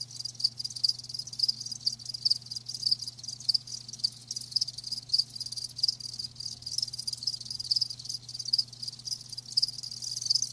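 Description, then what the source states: Crickets chirping in a steady high-pitched chorus, rapid pulsing trills overlapping continuously with a faint low hum underneath. Live crickets chirping, a lulling song.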